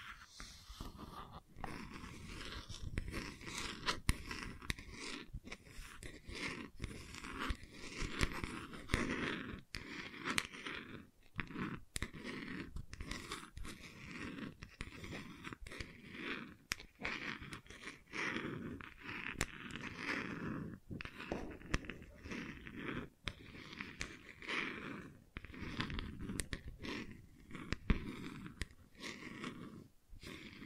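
Gentle scratching runs through the whole half-minute as a dense, papery rustle, with soft crunchy textures that sound a bit like chewing. Sharp little clicks and taps break through every second or so, and the loudness rises and falls in small, irregular waves.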